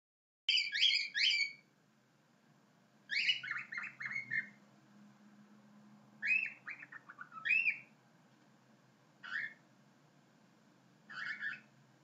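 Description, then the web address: Cockatiel giving chirpy, warbling whistled calls in short clustered bursts every two to three seconds, with a faint low hum beneath. "korella"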